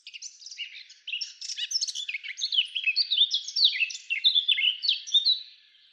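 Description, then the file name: Eurasian blackcap singing a rich, fast, chattering warble of jumbled high notes that builds after a brief gap and then tails off. "Sylvia atricapilla"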